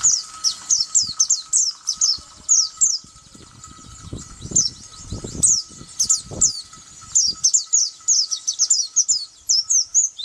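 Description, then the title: White-eye song of bright high twitters, pausing in the middle while low rumbling noises pass, then resuming in rapid bursts. "Pleci"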